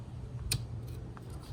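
A push-button wiper blade adapter on a 2023 Chevy Bolt EUV is worked into the plastic/metal wiper arm after finding the right orientation, with faint handling ticks around it. A sharp, bright click at 0.5 s marks the button snapping into place. The button pops up and the blade is seated and locked in the arm.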